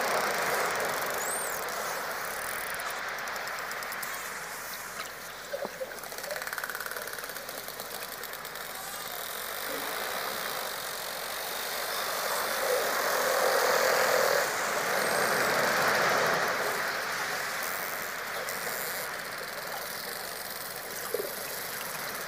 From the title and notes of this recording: Dolphin Sounds Deep Underwater.